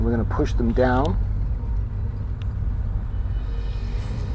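Someone talks over a steady low rumble while handling interlocking slotted wooden grill strips for the cargo hatch cover of an OCCRE Flying Dutchman 1:50 scale wooden model ship kit, getting ready to push them down into each other. A faint, brief tick is heard at 2.4 s, but nothing has seated or clicked into place yet.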